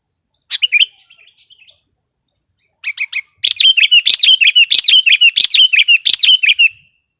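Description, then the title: Sooty-headed bulbul song: a few bright chirpy notes, a short pause, then a fast run of repeated sharp chirps lasting about three seconds. "kutilang"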